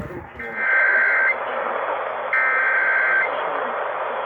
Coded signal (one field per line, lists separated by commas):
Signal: Emergency Alert System (SAME) tones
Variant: header bursts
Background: speech